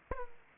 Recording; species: mosquito wingbeat signal from an infrared sensor; Aedes aegypti